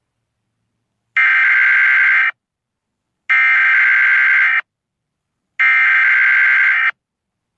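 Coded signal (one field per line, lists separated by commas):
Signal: Emergency Alert System (SAME) tones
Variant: header bursts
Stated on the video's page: Fictional EAS scenario.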